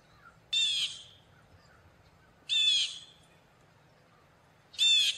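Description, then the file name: Blue jay giving harsh, buzzy jay calls, three of them about two seconds apart, over a low rumbling background. "Blue jay bird"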